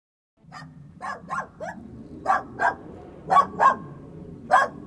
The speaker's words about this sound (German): Könnte vielleicht einer Ihrer Kollegen den Hund abstellen? Das Gebell geht mir auf den Geist.